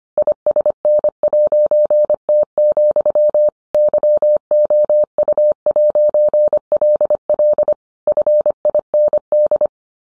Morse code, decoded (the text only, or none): ISN'T, YOU'LL FIND